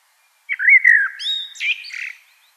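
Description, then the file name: Common blackbird delivering one mellow, wavering flute-like phrase that ends in a squeaky, thin flourish. "Turdus merula"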